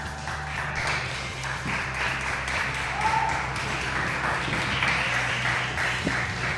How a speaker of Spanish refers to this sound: y pido un fuerte aplauso para él.